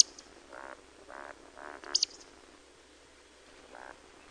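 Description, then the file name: Eurasian woodcock calling with soft, low grunts repeated about every half second, broken by a short, piercing high squeak, then one further grunt after a pause. "Beccaccia"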